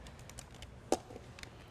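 A plastic lid is pressed and turned onto the blending jar of a Margaritaville Bali Frozen Concoction Maker with Self Dispenser to make sure it is on tight. Faint light ticks and handling sounds lead to one sharp, bright click at 0.9 s, followed by a few softer ticks. The lid locks into place on the jar.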